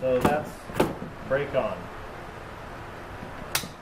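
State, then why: Released. Someone talks as the chain brake handle on a chainsaw is pulled back to disengage it. At 3.6 s there is a single sharp click, and the brake is released.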